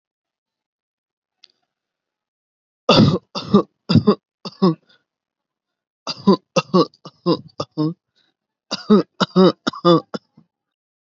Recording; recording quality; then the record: shallow voluntary cough; excellent, no background noise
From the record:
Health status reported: healthy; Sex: male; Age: 26 years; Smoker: yes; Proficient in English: yes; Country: India